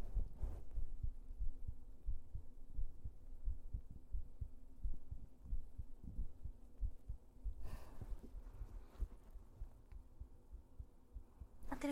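An adult woman's own heartbeat heard through a stethoscope: soft, low thumps repeat at about 90 beats a minute. Brief scraping and rustling break in now and then as the chestpiece is moved around in search of the spot where the heartbeat is heard best.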